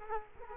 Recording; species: mosquito wingbeat signal from an infrared sensor; Culex quinquefasciatus